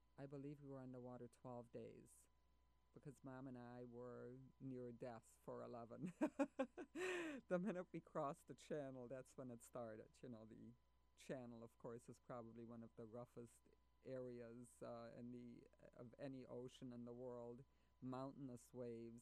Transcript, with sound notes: I believe we were on the water twelve days, because Mom and I were near death for eleven. [Laughs] The minute we crossed the channel, that's when it started. You know, the channel of course is probably one of the roughest areas in the -- of any ocean in the world, mountainous waves.